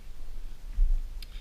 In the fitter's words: once that's locked in place we're going to reinstall the extractor depressor plunger